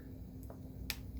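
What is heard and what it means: A plastic peg on a Newage NA H23 Darius (Galvatron) transforming toy robot figure is pressed into its hole during transformation. Over a steady low hum and two faint soft ticks near 0.4 and 0.5 seconds, a single sharp, bright snap is heard at 0.9 seconds as the peg seats in the hole.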